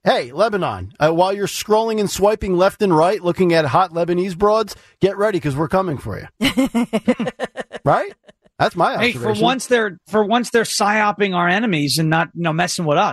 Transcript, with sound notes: Hey, Lebanon, while you're scrolling and swiping left and right looking at hot Lebanese broads, get ready 'cause we're coming for you. (laughing) Right? That's my observation.
Hey, for once they're, for once they're scioping our enemies and not, you know, messin' with us.